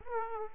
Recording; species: mosquito wingbeat signal from an infrared sensor; Aedes aegypti